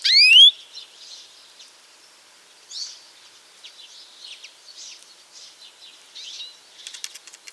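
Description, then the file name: European greenfinch gives a loud rising nasal wheeze at the start, followed by soft scattered twittering notes. "Chloris chloris"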